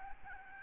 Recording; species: mosquito wingbeat signal from an infrared sensor; Aedes albopictus